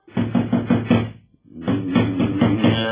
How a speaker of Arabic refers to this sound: ذلك أن جحا كان مقيما في غرفة له بأعلى الدار، فسمع طرقا شديدا على الباب.